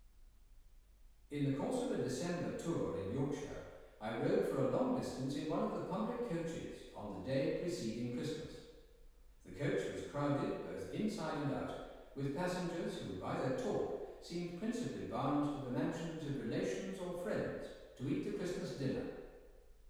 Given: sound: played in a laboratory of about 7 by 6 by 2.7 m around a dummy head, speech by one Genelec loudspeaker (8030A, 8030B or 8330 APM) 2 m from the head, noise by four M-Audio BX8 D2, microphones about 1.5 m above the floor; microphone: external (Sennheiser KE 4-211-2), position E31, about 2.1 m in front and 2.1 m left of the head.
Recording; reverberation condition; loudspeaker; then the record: male speech in English; high; 30 degrees to the right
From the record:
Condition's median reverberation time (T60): about 1300 ms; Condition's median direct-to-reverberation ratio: about -4.0 dB